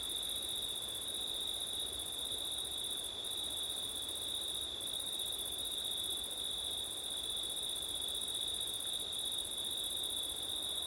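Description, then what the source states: Cricket song: an unbroken high trill held at one pitch throughout, with an even higher chorus layer that drops out briefly a few times, over low hiss. Crickets singing on a September night, with wind.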